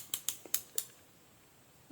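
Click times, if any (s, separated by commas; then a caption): 0.5 s, 0.8 s. A micrometer's ratchet thimble closes the spindle onto a plastic marker cap to measure its diameter. The ratchet slips with a series of sharp clicks, the loudest at 0.5 s and 0.8 s, then it goes quiet. Tightening torque is reached.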